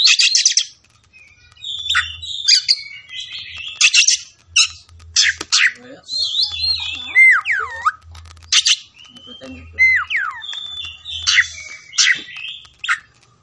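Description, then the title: Oriental magpie-robin with loud harsh bursts, deep swooping whistled notes that dip and rise again, and choppy chattering phrases; faint rhythmic low hum. Kacer fighting song (ngotot, full tembakan), meant to make a kacer fight within minutes. "Kacer Langsung Tarung Konslet KACER NGOTOT FULL TEMBAKAN"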